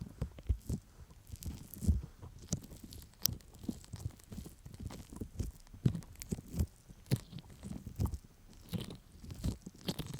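Sticky, wet honey sounds are worked against the ear in irregular crackling pulses, with sharp clicks and soft low thuds every second or so.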